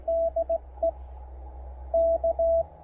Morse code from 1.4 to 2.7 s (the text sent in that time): K